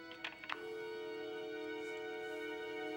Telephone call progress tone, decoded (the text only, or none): dial tone